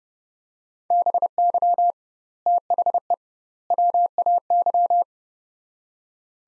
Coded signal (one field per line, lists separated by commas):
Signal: Morse code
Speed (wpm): 32 wpm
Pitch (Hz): 700 Hz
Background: none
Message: BY THE WAY